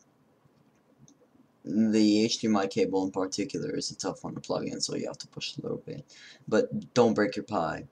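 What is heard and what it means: An HDMI cable plug is brought to the HDMI port of a single-board computer and lined up before being pushed home, with faint handling ticks near 0.0 and 1.1 seconds. Someone then talks from about 1.6 seconds onward about the plug being tough to insert. Nothing has seated or clicked yet.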